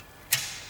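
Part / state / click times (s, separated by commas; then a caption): clutch thrust bearing into clutch cover retaining ring / seated / 0.3 s. A clutch thrust release bearing for an Isuzu Trooper 3 litre is pushed forward into the clutch cover's retaining ring. It gives one sharp, bright click at 0.3 s, followed by a fading ring and a small tick at the end. The bearing is now seated in the clutch cover, held in place by the retaining ring.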